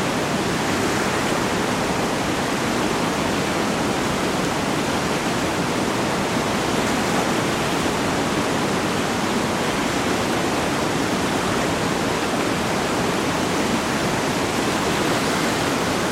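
The Eisbach river rushes past in a thick, unbroken roar of fast water. The sound stays dense and steady for the whole stretch, spread evenly from low rumble to bright hiss, with no other sounds rising above it.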